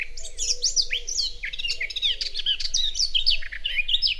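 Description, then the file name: Eurasian blackcap: a songbird's dense, rapid warbling with fluty whistles, set against a noisy background with a low steady hum. "Sylvia atricapilla"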